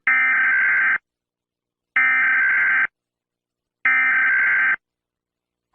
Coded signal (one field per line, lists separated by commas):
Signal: Emergency Alert System (SAME) tones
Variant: header bursts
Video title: EAS murder drones scenario (the fall of the US government)